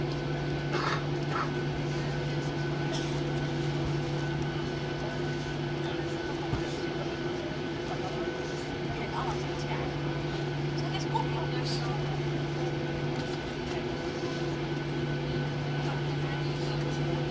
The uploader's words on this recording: TUIFly Nordic 737-800 landing Boa Vista Cape Verde. TUIFly Nordic 737-800 Approach, landing and taxi GVBA Boa Vista.